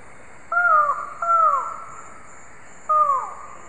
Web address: Natures Songs S America Eastern Lowlands Micrastur buckleyi, calls